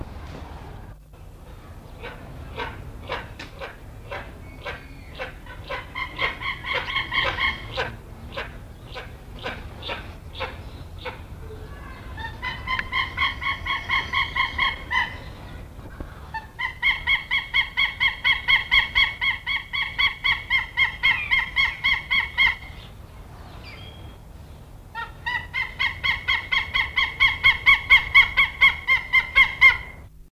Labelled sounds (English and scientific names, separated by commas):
Eastern Imperial Eagle (Aquila heliaca) call, Common Buzzard (Buteo buteo), White-tailed Eagle (Haliaeetus albicilla)